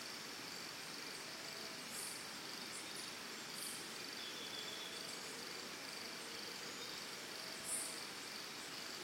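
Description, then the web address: Cricket giving a steady high continuous trill over hissy forest ambience, with a few brief high bird notes scattered through. Early morning in Costa Rica, forest and jungle ambience. "Big Room Sound Birds Crickets Costa Rica"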